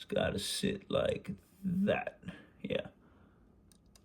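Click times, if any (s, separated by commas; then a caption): 3.7 s, 4.0 s. Someone talks while an inner barrel, notch facing up, is pressed into a Stalker Kraken Ultimate hop-up chamber on a Silverback SRS airsoft sniper rifle. Two sharp clicks follow at 3.7 s and 4.0 s as the barrel locks into place, seated nice and snug.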